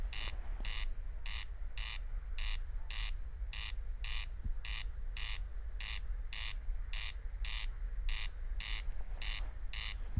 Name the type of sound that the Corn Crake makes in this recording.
song